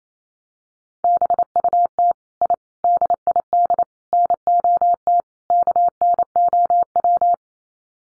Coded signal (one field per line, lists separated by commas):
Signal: Morse code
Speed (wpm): 28 wpm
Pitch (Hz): 700 Hz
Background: none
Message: BUT I DID NOT KNOW